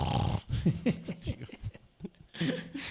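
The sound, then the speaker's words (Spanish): A voice imitates an audience member snoring during a brief silence at an orchestra concert: a series of rough, rattling snorts and low growly breaths, pulsing unevenly for a few seconds before one last louder snore. “además, está el público súper callado, súper atento, fue increíble aquel día, y de pronto hay un mínimo silencio y sale un ronquido.”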